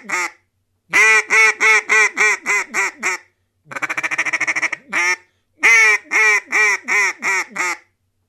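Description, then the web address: Mallard quacking: runs of harsh, nasal quacks about seven at a time, broken by a quick buzzy chattering burst midway, then another loud series. "anatra germano reale quack"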